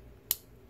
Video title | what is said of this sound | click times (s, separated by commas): Hotwheels Without Screws | It's just pretty simple, and you could hear it. Hear the click. | 0.3 s